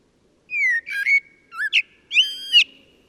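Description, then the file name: Common blackbird phrase of warbled whistles, a low dipping note, and a final rich, rising and falling whistled flourish. "Turdus merula"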